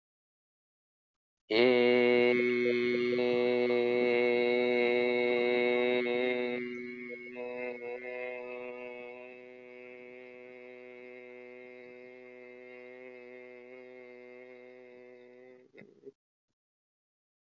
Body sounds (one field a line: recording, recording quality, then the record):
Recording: sustained vowel as in made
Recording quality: excellent, no background noise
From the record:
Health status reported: respiratory illness, not identified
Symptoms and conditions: asthma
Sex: male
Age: 55 years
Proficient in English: yes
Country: India